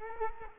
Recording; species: mosquito wingbeat signal from an infrared sensor; Culex quinquefasciatus